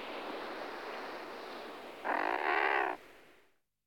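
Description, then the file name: Thick-billed murre call: a single harsh, buzzy growl lasting about a second, rising out of a steady rushing background noise. "Alkoun tlustozoby Uria lomvia"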